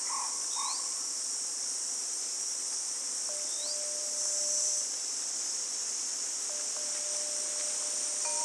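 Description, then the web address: Crickets trilling in a continuous high-pitched wash, joined by a few brief rising bird whistles and long steady tones. Australian bush, morning, with tropical birds. "Australian Nature Sounds - Crickets Tropical Birds Morning Birds Bird Calls"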